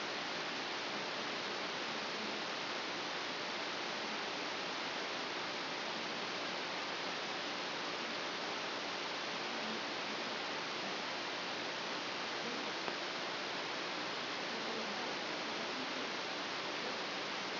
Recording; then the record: brain microelectrode recording played as sound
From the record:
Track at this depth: outside the subthalamic nucleus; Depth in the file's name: 1.238 mm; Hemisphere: left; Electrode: 3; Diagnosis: Parkinson's disease